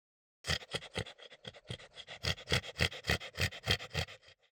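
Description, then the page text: French Bulldog gasping, a fast run of rough, wheezy breaths. "French Bulldog Gasp. Quick Sounds"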